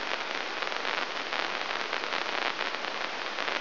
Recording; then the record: brain microelectrode recording played as sound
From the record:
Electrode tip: inside the subthalamic nucleus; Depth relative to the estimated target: -2.3 mm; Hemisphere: right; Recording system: AlphaMap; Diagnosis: Parkinson's disease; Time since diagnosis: 26 years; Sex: female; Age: 68 years